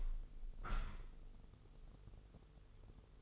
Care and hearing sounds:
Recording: daily activity, microphone in the room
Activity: open window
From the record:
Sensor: 4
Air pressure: 996.5 hPa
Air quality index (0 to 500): 83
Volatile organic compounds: 4 ppm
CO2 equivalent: 1580 ppm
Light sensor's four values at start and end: 20/53/20/22 and 21/55/22/23

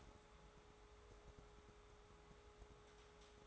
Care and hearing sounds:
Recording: daily activity, microphone in the room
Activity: take from stove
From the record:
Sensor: 3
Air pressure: 1010.3 hPa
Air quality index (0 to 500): 167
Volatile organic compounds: 9 ppm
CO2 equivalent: 2181 ppm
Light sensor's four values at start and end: 50/122/54/60 and 50/122/54/60

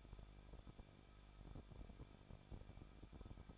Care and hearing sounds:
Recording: daily activity, microphone in the room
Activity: no activity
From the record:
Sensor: 5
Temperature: 20.8 degrees Celsius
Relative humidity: 38.2%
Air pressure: 1006.4 hPa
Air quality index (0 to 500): 189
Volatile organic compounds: 19 ppm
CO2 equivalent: 2661 ppm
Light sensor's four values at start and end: 2/3/1/1 and 2/3/1/1

